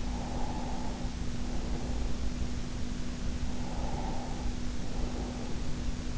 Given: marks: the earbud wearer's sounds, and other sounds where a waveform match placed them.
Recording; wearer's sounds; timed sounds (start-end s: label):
sounds in sleep by an in-ear microphone; breath
0.06-2.45 s: breath
3.52-5.65 s: breath